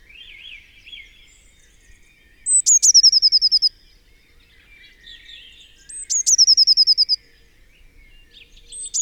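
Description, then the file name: Eurasian blue tit calls: a high thin note then a fast descending trill of about ten ticking notes, given twice, with softer chattering from other birds between. "Cyanistes caeruleus"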